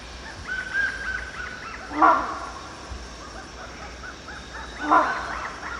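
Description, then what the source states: Rhinoceros hornbill honking twice, abrupt barking notes about three seconds apart, with chattering birds and a constant insect drone behind. Recorded at Danum in January 2008.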